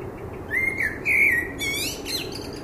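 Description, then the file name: Common blackbird song: a rich, fluty warbled phrase of two or three mellow notes ending in a quick, high-pitched squeaky flourish. "Turdus merula"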